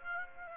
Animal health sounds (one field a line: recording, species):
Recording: mosquito wingbeat signal from an infrared sensor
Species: Aedes aegypti